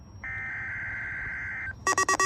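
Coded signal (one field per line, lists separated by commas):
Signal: Emergency Alert System (SAME) tones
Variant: header bursts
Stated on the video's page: Required Weekly Tests received on an Eton Solarlink radio; the first test failed when the receiver froze up.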